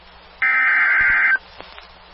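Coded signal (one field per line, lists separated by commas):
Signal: Emergency Alert System (SAME) tones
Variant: header bursts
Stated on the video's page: Real severe thunderstorm warning with valid SAME tones.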